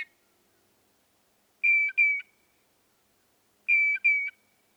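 Northern mockingbird song: a pair of short whistled notes, repeated about two seconds later.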